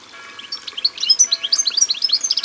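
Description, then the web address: European goldfinch song, a quick, high, liquid twitter of varied chirps and slurred notes that grows louder and busier after the first half second. Sung by the water. "Chardonneret elegant Au bord de leau. album au-bord-de-leau"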